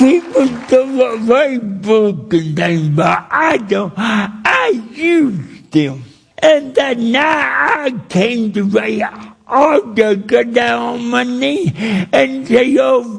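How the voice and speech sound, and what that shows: An adult man with cerebral palsy preaches at a church in Ohio in slow, effortful speech, with slurred and dropped consonants, drawn-out vowels, nasal resonance and wide, jerky pitch swings. This is dysarthria from cerebral palsy, which makes his words hard to follow.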